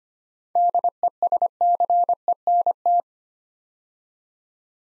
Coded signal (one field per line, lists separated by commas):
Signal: Morse code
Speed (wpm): 25 wpm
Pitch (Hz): 700 Hz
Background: none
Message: DESCENT